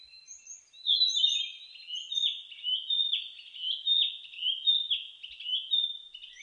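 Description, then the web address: Narcissus flycatcher sings a varied run of clear, high whistled phrases with slurred and dipping notes, repeated in quick sequence against a quiet background. Recorded 15 May 2004. "2004 040515 kibitaki"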